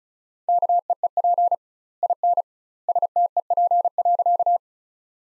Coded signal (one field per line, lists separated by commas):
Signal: Morse code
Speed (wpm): 34 wpm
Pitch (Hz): 700 Hz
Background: none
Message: KEEP IN STEP.